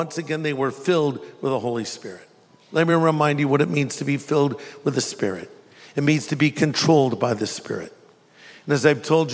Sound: none